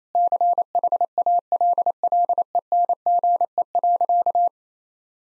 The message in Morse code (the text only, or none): CHALLENGE.